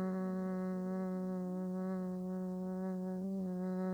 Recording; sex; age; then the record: sustained vowel /a/; female; 50 to 59 years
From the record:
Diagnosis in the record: healthy control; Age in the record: 53 years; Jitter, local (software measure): 0.60%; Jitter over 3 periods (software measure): 0.35%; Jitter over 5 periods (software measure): 0.38%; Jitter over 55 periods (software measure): 0.65%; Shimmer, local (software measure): 4.2%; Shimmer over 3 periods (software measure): 2.3%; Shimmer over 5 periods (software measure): 2.7%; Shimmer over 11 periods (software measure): 3.1%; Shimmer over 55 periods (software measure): 5.2%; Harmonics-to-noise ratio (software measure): 19.9 dB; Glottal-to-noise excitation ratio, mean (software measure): 0.92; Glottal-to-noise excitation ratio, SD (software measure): 0.039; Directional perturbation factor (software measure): 77.4%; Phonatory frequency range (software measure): 0.14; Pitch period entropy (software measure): 1.13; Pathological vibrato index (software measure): 0.35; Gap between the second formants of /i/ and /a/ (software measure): 1231 Hz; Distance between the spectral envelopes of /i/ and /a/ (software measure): 7.6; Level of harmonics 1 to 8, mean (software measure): -2.6, -11.2, -13.7, -22.1, -27.8, -28.2, -32.5, -36.6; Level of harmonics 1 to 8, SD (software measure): 0.9, 1.3, 1.9, 2.7, 3.9, 6.2, 8.8, 8.6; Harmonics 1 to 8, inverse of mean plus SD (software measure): 0.289, 0.080, 0.064, 0.040, 0.031, 0.029, 0.024, 0.022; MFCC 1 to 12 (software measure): 7.3, -6.6, -3.9, -3.1, -13.7, -1.3, -9.0, -8.7, -9.3, -13.6, -9.2, -6.1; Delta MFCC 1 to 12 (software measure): 0.004, 0.003, -0.008, -0.001, 0.008, 0.020, -0.014, 0.004, 0.007, 0.012, -0.001, -0.007